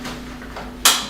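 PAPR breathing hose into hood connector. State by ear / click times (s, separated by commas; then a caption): seated / 0.9 s. The breathing hose of a powered air-purifying respirator (PAPR) is pushed onto the hood fitting against a quiet background with a faint steady low hum. A single sharp, bright click sounds at 0.9 s and fades over about a tenth of a second. The hose is seated in the hood connector.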